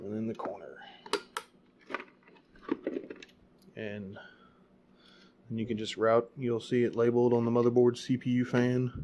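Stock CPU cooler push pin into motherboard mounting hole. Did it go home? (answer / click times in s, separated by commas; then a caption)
yes / 1.1 s, 1.4 s. A corner push pin of a stock LGA 1150 CPU cooler is pressed into its mounting hole on the motherboard while someone talks. Two sharp clicks at 1.1 s and 1.4 s mark the pin seating, followed by fainter taps and more talking.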